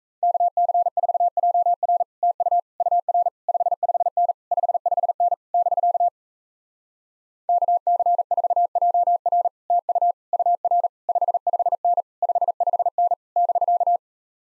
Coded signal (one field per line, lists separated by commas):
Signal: Morse code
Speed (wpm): 38 wpm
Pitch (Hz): 700 Hz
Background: none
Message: KC4JR TU UR 55N 55N <BK> KC4JR TU UR 55N 55N <BK>